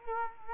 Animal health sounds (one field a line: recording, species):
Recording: mosquito wingbeat signal from an infrared sensor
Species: Culex quinquefasciatus